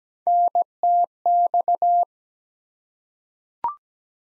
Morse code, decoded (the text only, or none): NTX